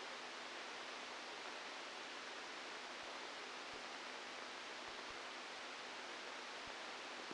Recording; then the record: brain microelectrode recording played as sound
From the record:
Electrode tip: outside the subthalamic nucleus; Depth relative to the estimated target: 3 mm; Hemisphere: left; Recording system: NeuroSet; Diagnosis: Parkinson's disease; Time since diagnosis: 12 years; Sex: male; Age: 61 years